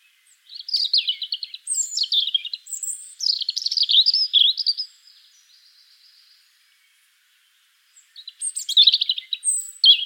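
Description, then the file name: European robin song with several linked phrases of high whistles, descending slurs and quick jangling trills, a short silent gap, then another sparkling phrase. "Erithacus rubecula"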